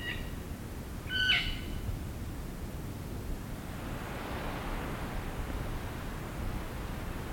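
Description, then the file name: Imperial amazon giving one short, harsh squawk with a layered tone, followed by steady background hiss and a low rumble. "imperial parrot"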